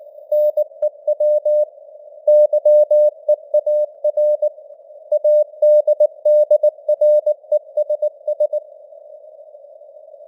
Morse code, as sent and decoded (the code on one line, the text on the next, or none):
-. . .-- / -.-- . .- .-. / .- -.. -.. .-. . ... ...
NEW YEAR ADDRESS